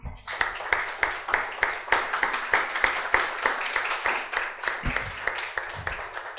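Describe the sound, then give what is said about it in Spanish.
A church audience breaks into steady applause for the members who made the decorations, many hands clapping in a dense, crackling wash with sharper individual claps standing out, holding fairly even for several seconds before thinning slightly at the end. “No sé quiénes trabajaron, pero le demos un aplauso, hermano.”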